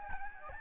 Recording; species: mosquito wingbeat signal from an infrared sensor; Aedes albopictus